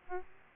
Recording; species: mosquito wingbeat signal from an infrared sensor; Aedes albopictus